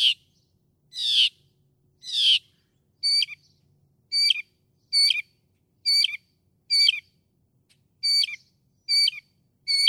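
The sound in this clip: Northern mockingbird song: three harsh downslurred notes, then a steady run of ringing, stepped high phrases repeated about every second.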